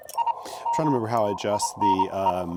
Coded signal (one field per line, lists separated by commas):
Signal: Morse code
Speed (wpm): 27 wpm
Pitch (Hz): 930 Hz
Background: speech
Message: I MAINE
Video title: Final Bug-Out Month Activation: Pairing a heavy bug with a lightweight QRP field radio kit!